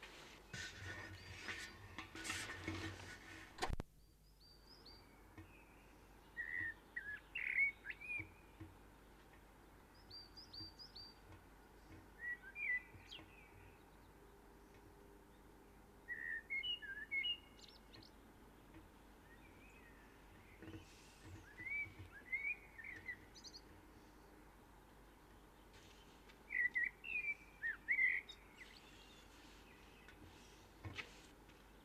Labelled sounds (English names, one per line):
Common Blackbird song